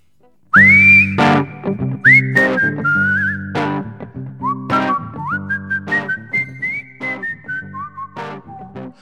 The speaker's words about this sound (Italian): Lo sentiamo. La canzone col fischietto. Col fischietto, effettivamente.